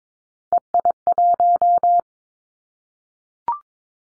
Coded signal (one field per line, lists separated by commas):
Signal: Morse code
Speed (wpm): 22 wpm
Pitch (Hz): 700 Hz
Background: none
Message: EI1